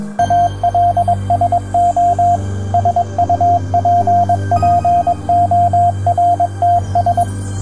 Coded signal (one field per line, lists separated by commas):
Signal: Morse code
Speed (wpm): 22 wpm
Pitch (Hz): 700 Hz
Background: music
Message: ALSO SUPPORTS